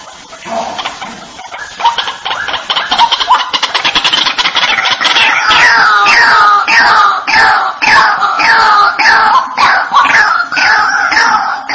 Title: Panggilan Burung Ruak Ruak